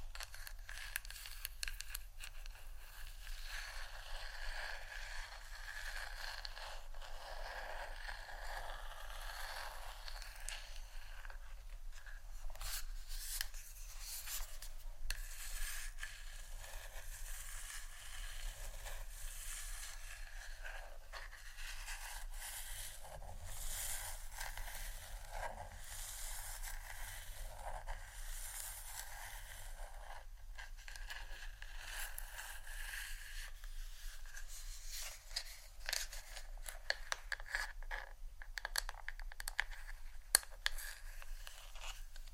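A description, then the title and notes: Hair being brushed and combed, a steady run of dense scratchy strokes with a bright, bristly hiss. The strokes repeat closely without pause, with sharper clicks and snaps scattered throughout, a few louder ones near the end. ASMR Hair Brush & Comb Sounds （No Talking）.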